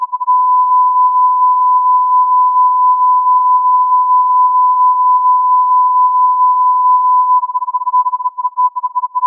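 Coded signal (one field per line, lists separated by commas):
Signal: radio time signal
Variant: Beta RJH69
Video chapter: 07:05 : Time code, on-off modulation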